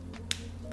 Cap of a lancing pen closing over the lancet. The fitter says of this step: Sampai bunyi klek ya Nah